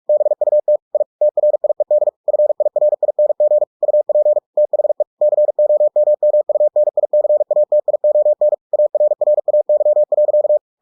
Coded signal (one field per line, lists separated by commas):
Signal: Morse code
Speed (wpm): 46 wpm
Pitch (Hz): 600 Hz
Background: none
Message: BUT I TRIED FIRING UP THE COMMUNICATION ARRAY.